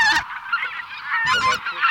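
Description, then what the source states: Greater white-fronted goose: geese in a busy flock, overlapping honks and higher yelping notes with no gaps, with two louder bursts of calling at the start and in the second half. Flock chatter, recorded for an electronic hunting caller.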